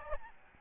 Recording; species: mosquito wingbeat signal from an infrared sensor; Aedes albopictus